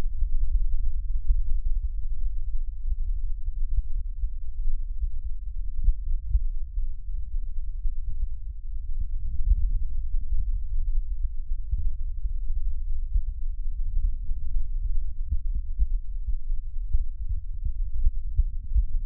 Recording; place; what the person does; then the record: lung sounds by stethoscope; left anterior apical chest; quiet breathing, then deep breathing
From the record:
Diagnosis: interstitial lung disease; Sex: male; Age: 74 years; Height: 160 cm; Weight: 54 kg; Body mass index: 21.1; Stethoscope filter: bell mode